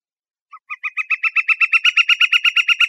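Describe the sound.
Bird calling with a rapid train of nasal pulsed notes that begins softly and grows louder.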